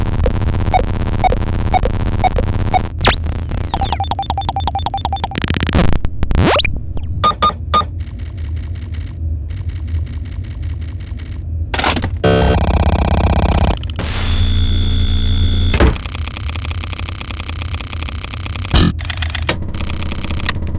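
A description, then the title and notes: Vintage science-fiction computer sounds shift every few seconds: a low steady hum under regular ticking pulses, then rising and falling electronic sweeps near three seconds, stuttering chirps and beeps, and dense buzzing, whirring blocks. Sudden cuts and bursts keep changing the texture, loud throughout. Retrofuturistic Computer Sound Effects. Vintage science fiction computer sounds. Retro-futuristic science fiction computers complete with control panels and old data terminals. Computer sounds made of mechanical and electronic components.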